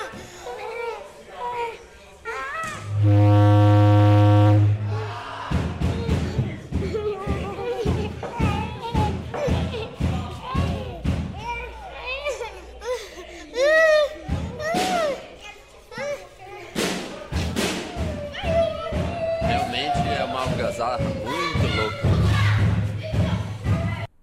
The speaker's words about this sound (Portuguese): Estamos aqui diretamente do Sicas. Tá prestes a começar um festival …. As crianças estão muito loucas aqui. Elas estão fazendo aquela algazarra. Vamos ouvir um pouco.